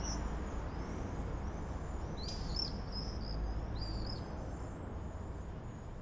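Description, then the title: Common swift screams, a few high thin shrieks, one short louder burst in the middle, against a strong low rumbling background. Summer evening in a backyard in Bytom, Poland; many swifts circling; wing flapping and chicks in the nest also audible; swifts fell silent at dark; recorded with Zoom F4 and AT BP4025. "Zygmunta Starego 3, Bytom, Poland - Backyard swifts"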